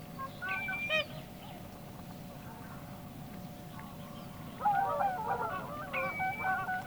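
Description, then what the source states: Swan calls: two bursts of loud, nasal, trumpeting honks, a short group near the start and a longer overlapping series in the second half, over a steady low background hum. Field recording by Ilkka Heiskanen, on a Finnish cassette of rural birds released in 1988.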